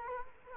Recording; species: mosquito wingbeat signal from an infrared sensor; Culex quinquefasciatus